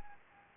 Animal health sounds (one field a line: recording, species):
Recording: mosquito wingbeat signal from an infrared sensor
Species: Anopheles gambiae